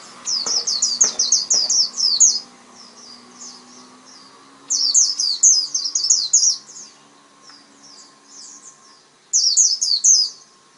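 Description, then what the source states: White-eye song: three separate bursts of quick, high twittering, with softer chirps between them. Pleci (white-eye); tutor recording (masteran) played so a pleci quickly opens its beak and starts singing.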